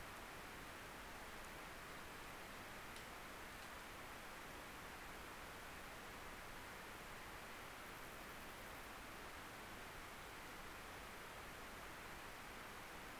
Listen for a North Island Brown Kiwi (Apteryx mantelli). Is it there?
no